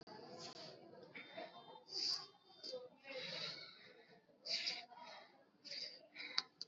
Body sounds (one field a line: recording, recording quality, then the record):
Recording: shallow breathing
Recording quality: excellent, no background noise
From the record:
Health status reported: COVID-19 positive, mild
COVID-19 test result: positive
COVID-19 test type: RT-PCR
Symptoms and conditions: fever, fatigue, muscle pain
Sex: male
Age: 27 years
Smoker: no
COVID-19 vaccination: both doses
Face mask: worn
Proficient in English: yes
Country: India